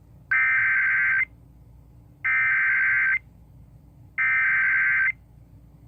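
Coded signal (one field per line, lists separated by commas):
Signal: Emergency Alert System (SAME) tones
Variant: header bursts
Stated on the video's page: Real EAS alerts caught during a severe weather event.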